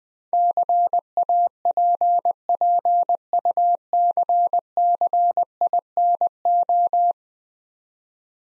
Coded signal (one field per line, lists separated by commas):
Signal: Morse code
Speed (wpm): 20 wpm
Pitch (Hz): 700 Hz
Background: none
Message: CAPPUCCINO